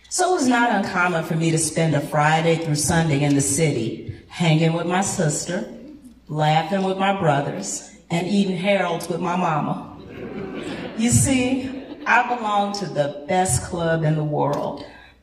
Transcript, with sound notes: So it was not uncommon for me to spend a Friday through Sunday in the city hanging with my sister, laughing with my brothers and eating heralds with my Mama. [laughter] You see, I belong to the best club in the world.